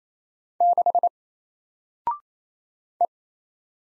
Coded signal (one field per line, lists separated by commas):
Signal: Morse code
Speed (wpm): 27 wpm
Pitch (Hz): 700 Hz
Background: none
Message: 6 E